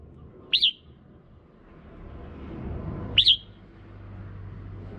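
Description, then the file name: Red-whiskered bulbul calls: two short, bright whistled notes about two and a half seconds apart, over a low background hum. Female bird. "Tieng chao mao mai"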